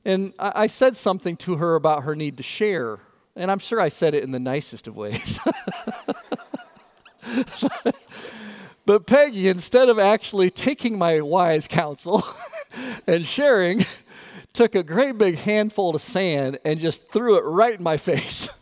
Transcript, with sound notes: I said something to her about her need to share. I’m sure I said it in the nicest of ways. (Laughter!) But Peggy, instead of actually taking my wise counsel and sharing, she took a great big handful of sand and just threw it right in my face.